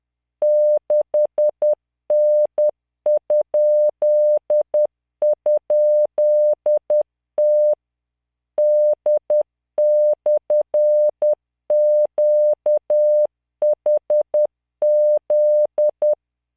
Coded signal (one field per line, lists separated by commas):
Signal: Morse code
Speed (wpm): 10 wpm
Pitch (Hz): 600 Hz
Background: none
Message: 6N??T D/QHZ